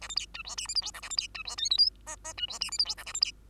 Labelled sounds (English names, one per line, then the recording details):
Bengalese Finch song
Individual Bird2